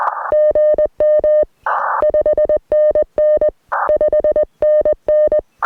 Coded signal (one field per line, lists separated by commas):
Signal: Morse code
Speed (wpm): 21 wpm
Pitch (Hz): 610 Hz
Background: none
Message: GM 5NN 5NN